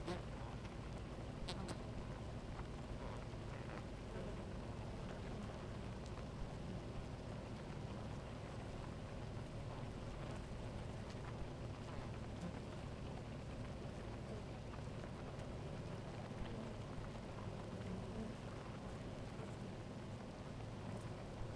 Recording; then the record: honeybee colony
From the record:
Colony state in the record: active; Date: 28 July 2017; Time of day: 11:40